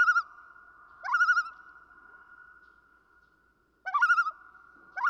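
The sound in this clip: Common loon wavering tremolo, a clipped phrase at the start, two full laughing quavers with upward-sliding starts, and another beginning at the very end.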